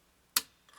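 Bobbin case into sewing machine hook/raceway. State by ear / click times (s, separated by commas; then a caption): seated / 0.4 s. A bobbin case is slid into the hook and raceway of a vintage PFAFF 360 sewing machine and gently worked left and right. It snaps into place with a single sharp, bright click at 0.4 s. A faint, brief rattle follows at about 0.7 s, and the bobbin case is seated.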